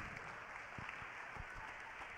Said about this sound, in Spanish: Dese un aplauso por eso, ustedes son inteligentes. Dese el aplauso.